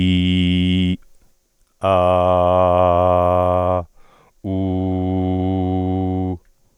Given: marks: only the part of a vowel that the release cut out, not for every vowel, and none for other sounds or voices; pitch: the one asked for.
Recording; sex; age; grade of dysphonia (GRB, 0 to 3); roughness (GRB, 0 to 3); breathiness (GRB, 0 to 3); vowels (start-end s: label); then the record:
sustained vowels; male; 60 to 69 years; 1; 1; 0
0.00-0.82 s: vowel /i/, normal pitch
2.06-3.54 s: vowel /a/, normal pitch
4.58-6.10 s: vowel /u/, normal pitch
From the record:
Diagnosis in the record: hyperfunctional dysphonia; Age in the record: 61 years